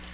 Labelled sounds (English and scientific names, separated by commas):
Black-throated Green Warbler (Setophaga virens) flight call